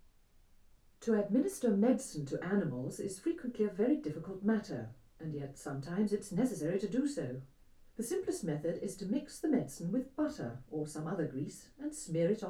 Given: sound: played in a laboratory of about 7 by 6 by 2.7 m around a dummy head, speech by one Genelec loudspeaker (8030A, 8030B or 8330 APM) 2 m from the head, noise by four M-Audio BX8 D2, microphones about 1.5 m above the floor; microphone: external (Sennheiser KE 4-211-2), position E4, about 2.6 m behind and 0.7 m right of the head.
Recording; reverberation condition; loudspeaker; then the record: female speech in English; low; 90 degrees to the right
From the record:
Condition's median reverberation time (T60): about 310 ms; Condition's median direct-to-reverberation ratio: about 3.5 dB